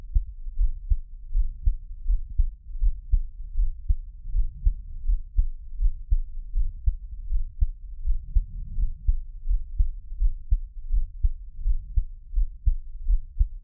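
Soft, deep thumps repeat at about 82 beats a minute, each beat a muffled lub-dub pair in a fairly steady rhythm. An adult's own heartbeat is heard close to the chest, offered as Taiwanese ASMR, with only a faint low hum behind it.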